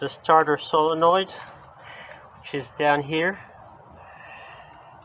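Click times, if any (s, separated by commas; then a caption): none. The plastic wiring harness connector is lined up on the starter solenoid terminal of a 1MZ-FE 3.0-liter V6 (2002 RX300, Highlander, Camry, Sienna) during a starter replacement, with both starter bolts already in. Someone talks in two short bursts, around 0.3–1.3 s and 2.5–3.4 s, followed by quiet low background noise. The connector has not clicked in yet.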